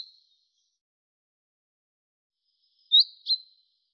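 Bird chirp, a brief high note at the start, then after silence a paired high chirp, the second note softer.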